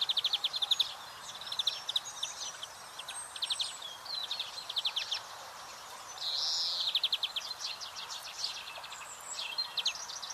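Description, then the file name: European greenfinch calls: repeated rapid twittering trills in short bursts, a drawn-out wheezy buzz partway through, then more trilled chirps. "Chloris chloris"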